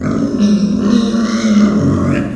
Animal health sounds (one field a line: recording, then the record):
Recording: squeal of a Yucatan mini pig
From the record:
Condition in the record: after surgery on the right vocal fold (resection and tissue-engineered implant)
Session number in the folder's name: 9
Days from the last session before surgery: 65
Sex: female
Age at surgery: 19 weeks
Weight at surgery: 25 kg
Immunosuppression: prednisolone